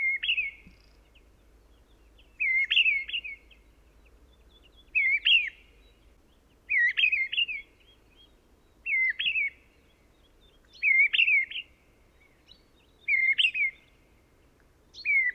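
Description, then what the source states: Mistle Thrush song: a steady series of short, fluty, slurred whistled phrases, loud and clear over a quiet background. In a pine wood; Plateau de Lesches-en-Diois, Drôme, France, 1000 m altitude; 30 January 2021; windless sunny morning, sky clearing after days of rain; Nagra Seven with Telinga P7 parabolic reflector.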